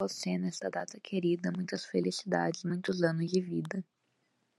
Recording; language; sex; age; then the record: short text; Brazilian Portuguese; female; 18 to 19 years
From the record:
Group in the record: control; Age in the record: 18 years